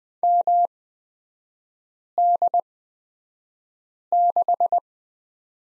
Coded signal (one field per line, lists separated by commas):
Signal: Morse code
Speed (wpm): 20 wpm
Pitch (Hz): 700 Hz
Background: none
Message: MD6